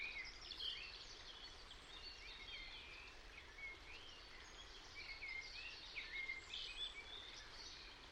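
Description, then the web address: European robin song: repeated high, thin whistled phrases with quick slurred notes, delivered in a steady stream over persistent background noise. "Deverinetal 2025 File origin Bird Only Er Ru"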